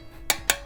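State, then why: Torque reached. A click-type torque wrench is checked on a BMW GS Adventure motorcycle rear wheel bolt, going around the bolts to check the torque. Two sharp metallic clicks are heard at 0.3 s and 0.5 s as the wrench reaches its setting, confirming the torque.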